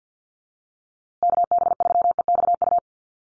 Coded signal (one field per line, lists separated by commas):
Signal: Morse code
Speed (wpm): 50 wpm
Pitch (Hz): 700 Hz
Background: none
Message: KB3EXU